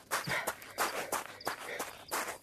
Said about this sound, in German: Eine Stunde später wurden Peter und Bob mit dem Anblick des ersten Detektivs belohnt, der im Schlafanzug schnaufend über die Bergkuppe joggte.